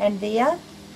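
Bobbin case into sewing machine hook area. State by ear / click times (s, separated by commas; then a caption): not seated / none. A threaded metal bobbin case is handled and pushed toward the hook area of a Bernette Rome 3 sewing machine while someone talks. Nothing has seated or clicked yet; the clip ends just before the case goes home.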